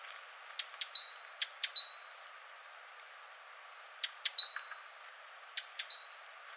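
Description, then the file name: Great tit calling in short bursts of sharp high notes, each ending in a level whistle, several phrases at uneven intervals. "Parus major"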